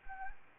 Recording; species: mosquito wingbeat signal from an infrared sensor; Anopheles arabiensis